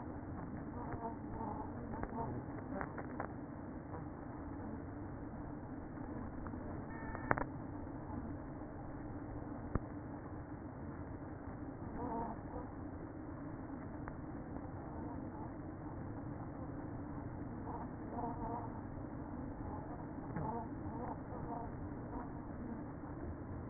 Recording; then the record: honeybee colony, microphone inside the hive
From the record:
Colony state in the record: queen present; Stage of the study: after two queens were removed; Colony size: about 60,000 bees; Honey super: yes